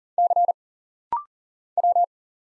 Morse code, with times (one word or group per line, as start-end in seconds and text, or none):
0.2-0.5 C
1.8-2.0 W